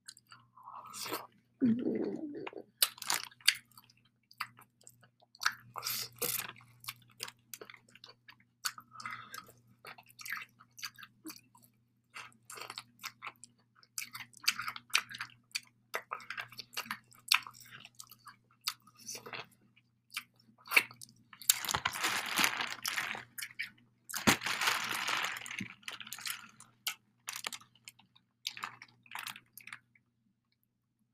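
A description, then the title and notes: ASMR mukbang eating: wet, crunchy chewing and biting sounds come in quick, irregular bursts throughout. Louder, denser rustling-like crunches stand out around 22 and 25 seconds, while a faint steady low hum runs underneath the whole time. ASMR MUKBANG.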